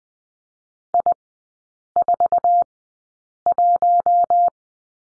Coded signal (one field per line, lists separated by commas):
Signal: Morse code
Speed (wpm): 19 wpm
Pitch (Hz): 700 Hz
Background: none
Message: I41